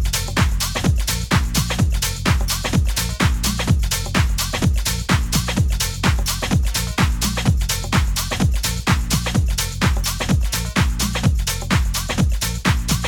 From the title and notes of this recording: UnEdited, raw, literally while my house was sleeping this morning.